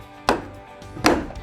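The two click-and-go lock levers on the pedal drive in the drive well of a Mirage Compass or Compass Duo kayak are flipped back toward the seat to remove the drive. Two sharp clicks ring out at 0.3 s and 1.1 s as the levers release, leaving the drive unlocked.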